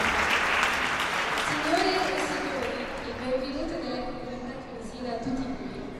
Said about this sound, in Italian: A noi le persone emozionate piacciono. Altro applauso, quando c'è l'emozione c'è sempre un applauso.